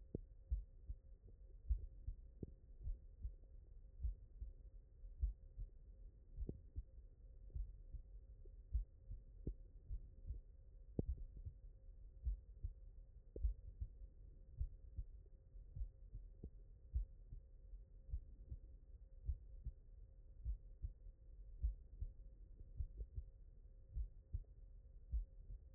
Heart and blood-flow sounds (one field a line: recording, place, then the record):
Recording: heart sounds by stethoscope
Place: mitral valve (MV)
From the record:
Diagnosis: HFrEF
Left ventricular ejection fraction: 38%